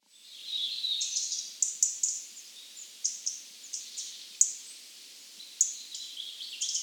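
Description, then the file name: European robin song, a continuous run of high, thin, warbled phrases broken by sharp ticking notes. "Erithacus rubecula"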